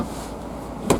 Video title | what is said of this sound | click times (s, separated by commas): Volkswagen Transporter 2.0L T30 TDI P/V HIGHLINE BMT | it locks into place. | 0.9 s